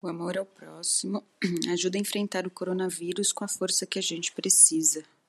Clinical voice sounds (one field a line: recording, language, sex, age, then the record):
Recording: spoken sentence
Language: Brazilian Portuguese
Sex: female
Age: 30 to 39 years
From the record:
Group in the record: control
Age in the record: 37 years